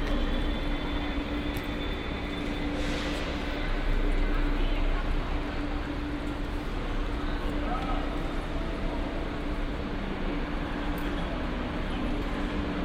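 A busy train station at Cologne Central Station, with a steady, dense rumble of trains and a low hum running throughout. Murmuring voices of people blend into the constant din, and a brighter hiss swells briefly around the third and fourth seconds.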